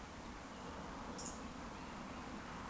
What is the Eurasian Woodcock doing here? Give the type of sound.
whistle